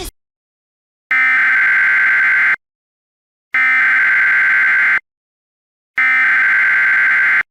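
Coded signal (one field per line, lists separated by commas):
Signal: Emergency Alert System (SAME) tones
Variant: header bursts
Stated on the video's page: Recreation of a fictional zombie apocalypse EAS mock containing valid EAS tones.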